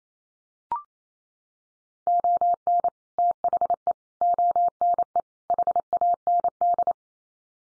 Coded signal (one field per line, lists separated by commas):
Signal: Morse code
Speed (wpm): 28 wpm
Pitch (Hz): 700 Hz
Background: none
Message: ON THE ONE HAND